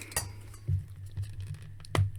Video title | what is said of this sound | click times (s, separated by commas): Marvel Avengers Thanos Mech Strike Review and Unboxing | right there it is i've heard it's heard it click in all | 2.0 s